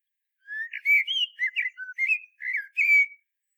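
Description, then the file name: Common blackbird song: a rich fluted phrase of warbled whistles, rising and falling, with a brief lower note near the middle, continuous for about three seconds. "Turdus merula"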